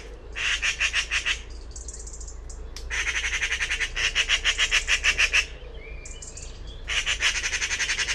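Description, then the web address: Bird calls in harsh, buzzy bursts of rapid pulses, each about half a second to two seconds long, with short pauses between them. "cianscape birddata Deverinetal 2025"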